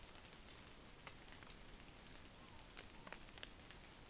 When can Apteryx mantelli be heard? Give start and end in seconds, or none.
none